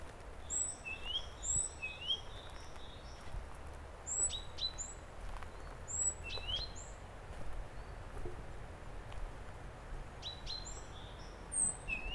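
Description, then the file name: Great tit calls, many two-note phrases, each a high thin downslurred note followed by a lower rising note, over a steady low rumble. "Parus major"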